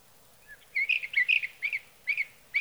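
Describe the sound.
Sage thrasher song: a rambling string of warbled, chattering notes followed by short slurred phrases spaced about half a second apart.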